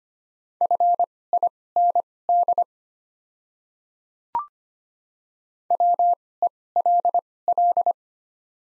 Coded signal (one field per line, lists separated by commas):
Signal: Morse code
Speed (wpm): 25 wpm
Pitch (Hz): 700 Hz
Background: none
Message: FIND WELL